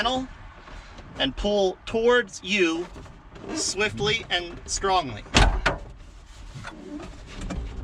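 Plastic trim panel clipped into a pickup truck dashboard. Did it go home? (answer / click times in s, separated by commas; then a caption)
released / 5.7 s. Someone talks while a plastic trim panel clipped into a Chevy or GMC pickup truck dashboard is pulled swiftly and strongly toward the person. Its clips release with a sharp pop at 5.7 s, and the panel comes out.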